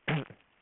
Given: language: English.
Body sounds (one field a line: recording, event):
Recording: throat vibration sensor signal played as sound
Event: throat clearing